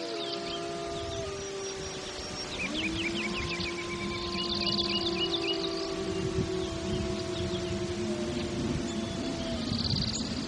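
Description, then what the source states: Wolf chorus of drawn-out, overlapping howls from several voices, with scattered bird twitters above. Wolves in Denali, Alaska, USA, on 17 June 2014 at about 08:40.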